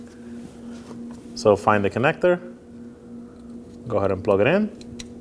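Someone talks while a wiring harness connector is handled for pushing onto the plastic terminal housing of a new fog light bulb on a 2017–2024 Nissan Armada, over a steady low hum with a brief sharp sound near 5.0 s. Nothing has seated or clicked yet; the connector is not yet home.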